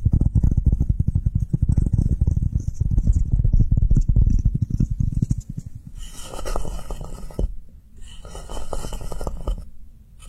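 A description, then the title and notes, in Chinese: Rapid, dense low tapping on a squishy slow-rising toy fills the first five seconds, then gives way to brighter, crisp scratchy bursts. 敲击触发音敲击音慢回弹玩具。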